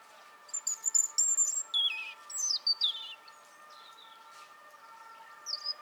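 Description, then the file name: European robin song: thin high whistles and descending slurred notes in a broken phrase, over a steady background hum. "Erithacus rubecula"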